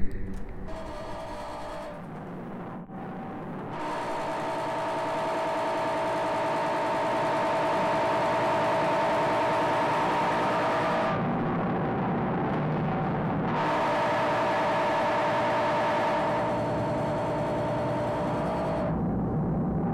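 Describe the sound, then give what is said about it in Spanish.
A refrigerator rattles violently, a loud, continuous mechanical grinding with a steady droning whine that briefly eases and surges back, no voices present. “Así suena mi refrigerador con violencia.”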